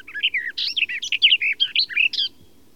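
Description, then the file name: Garden warbler song, a fast stream of rich, bubbling notes lasting just over two seconds, then quiet. "fauvette des jardins"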